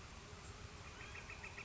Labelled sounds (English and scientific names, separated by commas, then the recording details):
Northern Flicker (Colaptes auratus)
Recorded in Sonoma County, California